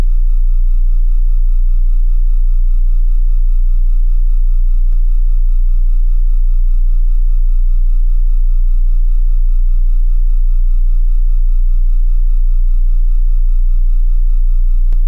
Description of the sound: Tinnitus.